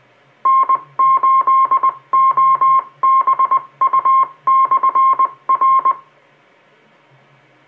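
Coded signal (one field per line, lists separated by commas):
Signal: Morse code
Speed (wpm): 20 wpm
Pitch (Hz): 1060 Hz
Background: music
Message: N8OBU/R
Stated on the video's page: 70 cm UHF reception on a Comet GP-15 vertical, preamp off.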